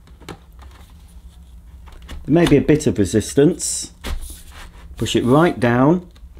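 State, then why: Not seated. A plastic handle is being pushed down into the socket at the top of a Tineco iFloor Breeze cordless hard floor washer main body, meeting some resistance. Someone talks while faint taps and knocks are heard, including a sharper one at about 0.3 s. The handle has not clicked into place yet.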